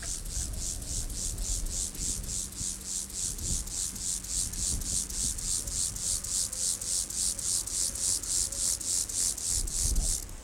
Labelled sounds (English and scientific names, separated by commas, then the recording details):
Orange-tipped Grasshopper (Omocestus haemorrhoidalis) stridulation
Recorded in the wild
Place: Blankenfelde, Tegeler Fließ, Berlin, DE
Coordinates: 52.625, 13.404
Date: 1992-08-16 11:40
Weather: sonnig - wolkig, 17-22°C
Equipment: Marantz CP 430, Sennheiser ME 80, Kopie Tesla B 116
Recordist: Tembrock, Günter